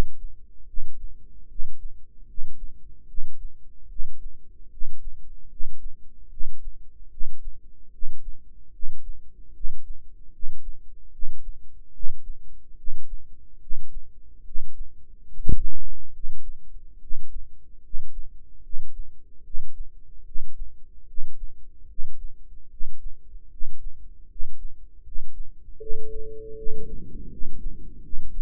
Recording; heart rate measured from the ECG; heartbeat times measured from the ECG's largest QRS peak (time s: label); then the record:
heart sounds by microphone in the right ear; 75 bpm
0.65 s: heartbeat
1.47 s: heartbeat
2.26 s: heartbeat
3.06 s: heartbeat
3.88 s: heartbeat
4.69 s: heartbeat
5.48 s: heartbeat
6.29 s: heartbeat
7.09 s: heartbeat
7.90 s: heartbeat
8.71 s: heartbeat
9.52 s: heartbeat
10.30 s: heartbeat
11.10 s: heartbeat
11.91 s: heartbeat
12.75 s: heartbeat
13.59 s: heartbeat
14.43 s: heartbeat
15.27 s: heartbeat
16.11 s: heartbeat
16.98 s: heartbeat
17.81 s: heartbeat
18.61 s: heartbeat
19.42 s: heartbeat
20.23 s: heartbeat
21.05 s: heartbeat
21.86 s: heartbeat
22.68 s: heartbeat
23.48 s: heartbeat
24.27 s: heartbeat
25.02 s: heartbeat
25.78 s: heartbeat
26.54 s: heartbeat
27.28 s: heartbeat
28.00 s: heartbeat
From the record:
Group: healthy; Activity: rest 0-26 s, breath hold 26-28 s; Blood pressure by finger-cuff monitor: 111/63 mmHg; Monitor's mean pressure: 77 mmHg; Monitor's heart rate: 74 bpm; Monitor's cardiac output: 7.5 L/min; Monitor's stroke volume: 100 mL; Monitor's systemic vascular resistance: 740 dyn s/cm5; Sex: male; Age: 35 years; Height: 180 cm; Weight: 86.9 kg